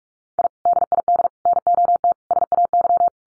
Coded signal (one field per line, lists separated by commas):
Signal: Morse code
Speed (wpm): 44 wpm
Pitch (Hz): 700 Hz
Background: none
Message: I DID NOT SAY